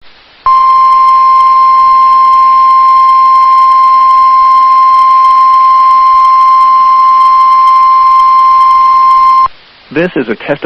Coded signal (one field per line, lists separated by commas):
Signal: Emergency Alert System (SAME) tones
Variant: 1050 Hz attention tone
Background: speech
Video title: REQUIRED WEEKLY TEST (EAS ALERT 170)